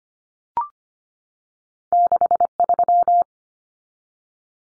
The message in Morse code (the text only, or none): 63